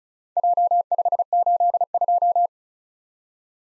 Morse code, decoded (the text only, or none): J582